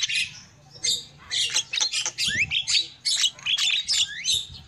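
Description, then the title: Lovebird chatter in short shrill bursts, several rising whistled squeaks, brief pauses between clusters, low rumbling hum beneath. Lovebird calls used as a lure for trapping. "PIKAT BURUNG LOVEBIRD"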